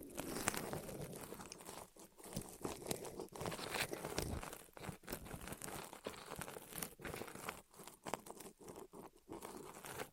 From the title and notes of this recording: ASMR Rolling On Your Ears (No Talking).